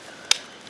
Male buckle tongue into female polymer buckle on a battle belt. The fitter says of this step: and it clicks you hear that it clicks in nice and tight